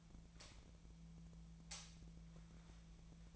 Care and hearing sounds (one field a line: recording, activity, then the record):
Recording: daily activity, microphone in the room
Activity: light on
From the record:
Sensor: 1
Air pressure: 1009.8 hPa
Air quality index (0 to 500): 190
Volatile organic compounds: 18 ppm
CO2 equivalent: 2611 ppm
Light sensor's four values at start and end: 34/87/36/44 and 45/131/54/61